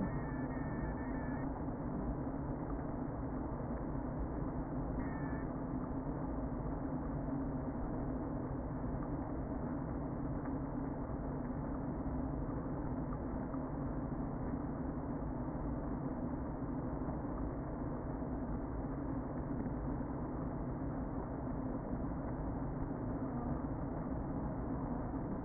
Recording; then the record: honeybee colony, microphone inside the hive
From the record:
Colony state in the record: queen present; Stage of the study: before two queens were removed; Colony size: about 60,000 bees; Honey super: yes